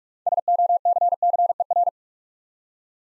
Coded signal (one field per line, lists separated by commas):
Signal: Morse code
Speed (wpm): 44 wpm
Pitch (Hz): 700 Hz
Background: none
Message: SOCCER